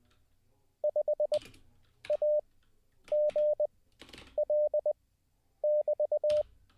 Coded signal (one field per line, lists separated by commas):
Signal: Morse code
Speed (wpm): 20 wpm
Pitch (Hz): 600 Hz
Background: none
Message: 5AGL<BT>